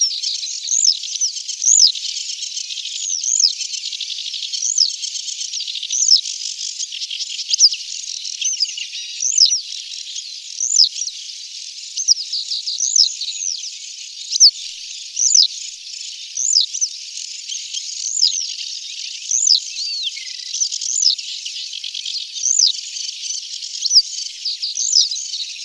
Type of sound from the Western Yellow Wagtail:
song